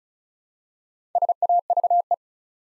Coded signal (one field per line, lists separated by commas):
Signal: Morse code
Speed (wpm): 36 wpm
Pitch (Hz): 700 Hz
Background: none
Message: SAVE